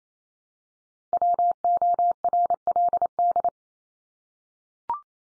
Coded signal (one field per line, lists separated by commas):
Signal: Morse code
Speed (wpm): 28 wpm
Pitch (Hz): 700 Hz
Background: none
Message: WORLD